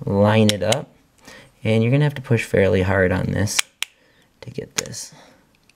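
Someone talks while lining up the two plastic halves of a Nissan key fob (Note, Cube, Versa, Rogue, Juke, Sentra, NV200, 2010–2022) over a newly fitted coin battery and begins pushing them hard together. After the talking, only faint handling sounds and small ticks follow. The case has not snapped shut yet, and nothing has seated.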